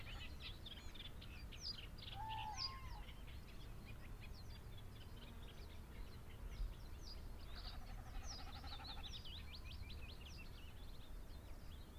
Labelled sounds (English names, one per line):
Common Snipe